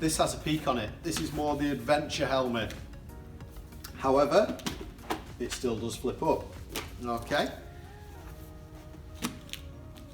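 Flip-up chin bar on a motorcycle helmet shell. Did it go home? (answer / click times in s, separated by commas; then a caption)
yes / 9.2 s, 9.5 s. Someone talks while flipping up the plastic chin bar on the front section of an adventure flip-up motorcycle helmet with a peak. The chin bar moves and then locks into place on the helmet shell with sharp clicks at 9.3 s and 9.5 s.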